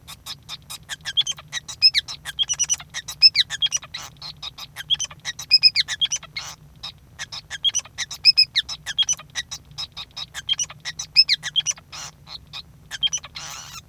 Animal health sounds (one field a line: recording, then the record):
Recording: song of a male Bengalese finch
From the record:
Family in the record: son of father 5